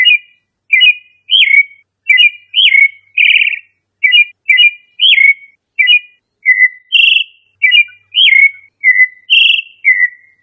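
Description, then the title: Thrush song: short clear whistled phrases of slurred notes, some falling, some rising then dropping, with brief pauses between. "Familia Turdidae - Sabia"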